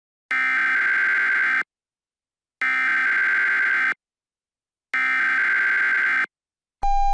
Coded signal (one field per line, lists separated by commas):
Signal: Emergency Alert System (SAME) tones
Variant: header bursts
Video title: "Jack virus": An EAS Mock Scenario